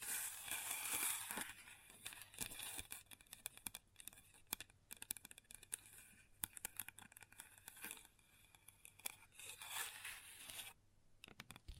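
Long nails scratch and tap on a table in a busy, irregular run of short clicks and rasps. A bright, dense scratching burst opens the first second and returns briefly near ten seconds, with sharp single taps scattered throughout over a faint low hum.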